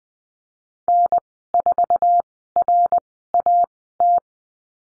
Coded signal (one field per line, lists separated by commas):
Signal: Morse code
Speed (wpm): 20 wpm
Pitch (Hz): 700 Hz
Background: none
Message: N4RAT